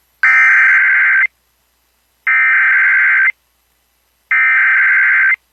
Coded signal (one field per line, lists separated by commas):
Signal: Emergency Alert System (SAME) tones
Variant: header bursts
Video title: Mason County, Washington EAS: Required Monthly Test (11/11/23)